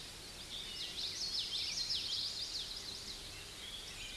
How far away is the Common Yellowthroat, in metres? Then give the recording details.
about 35 m. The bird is about 5 m above the microphone. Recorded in a Pennsylvania forest on 16 May 2024 at 07:11. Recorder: AudioMoth, point MSD-1418. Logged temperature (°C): 16.4 °C. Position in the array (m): 242 m, 174 m